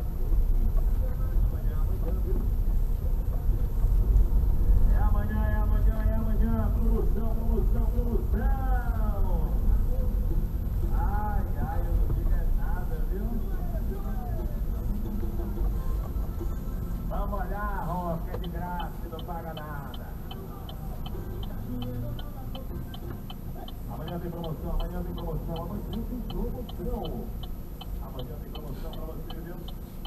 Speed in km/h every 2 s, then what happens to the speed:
8, 8, 9, 7, 7, 7, 5, 5, 4, 1, 0, 0, 0, 2, 2.
0-17 steady at about 7. 17-30 standing.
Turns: none.